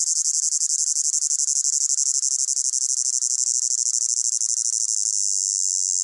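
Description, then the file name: Cicada buzz, high and shrill, pulsing rapidly at first and then blending into a smoother continuous hiss in the last second. Close-up; pulsating, high-pitched buzz. "gain walkers CICADA Close Up Pulsating Buzz High Pitched"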